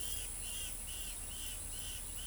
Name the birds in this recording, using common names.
Yellow-headed Caracara